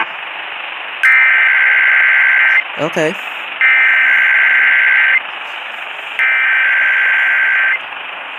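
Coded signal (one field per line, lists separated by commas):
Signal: Emergency Alert System (SAME) tones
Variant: header bursts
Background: speech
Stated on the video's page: KDKA test alert received on an HDR 14 weather radio.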